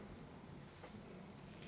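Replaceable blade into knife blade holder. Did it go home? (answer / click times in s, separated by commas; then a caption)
no / none. A replaceable boning/fillet blade is handled and lined up with the knife's blade holder before being pushed in, giving soft scraping and rubbing sounds over a steady low background. The blade has not clicked or seated yet.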